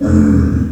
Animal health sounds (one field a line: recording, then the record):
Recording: squeal of a Yucatan mini pig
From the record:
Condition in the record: after surgery on the right vocal fold (resection and tissue-engineered implant)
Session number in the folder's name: 7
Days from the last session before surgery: 47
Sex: female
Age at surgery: 19 weeks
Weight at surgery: 25 kg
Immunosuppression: prednisolone